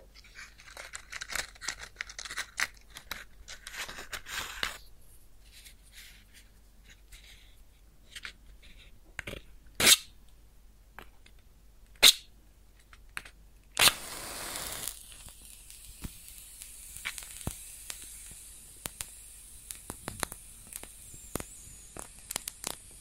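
Close match struck and burning, with dense crackles early, sharp snaps near 10, 12 and 14 seconds, then a steady hiss of sizzling.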